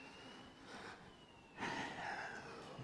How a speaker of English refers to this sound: Mire, hasta la ambulancia se dejó venir mejor. Look, even the ambulance has come.